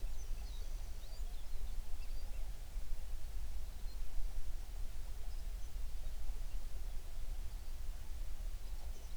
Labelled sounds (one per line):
songbird